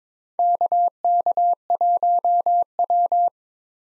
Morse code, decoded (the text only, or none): KK1W